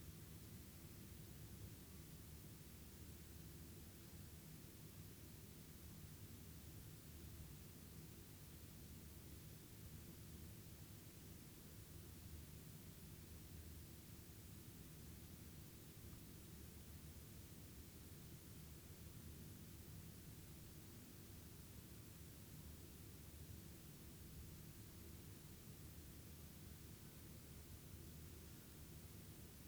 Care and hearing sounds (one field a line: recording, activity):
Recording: daily activity, guitar pickup as the sensor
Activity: lie down